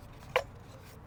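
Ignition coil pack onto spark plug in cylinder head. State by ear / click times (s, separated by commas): seated / 0.4 s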